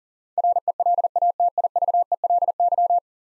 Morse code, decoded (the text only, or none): RELATIVELY